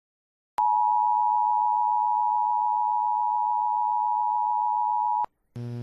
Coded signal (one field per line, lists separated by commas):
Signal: Emergency Alert System (SAME) tones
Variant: 853 and 960 Hz attention tone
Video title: SEVERE THUNDERSTORM WARNING EAS COMPILATION (#51-63) LAREDO, TX MAY 24 2022.mp4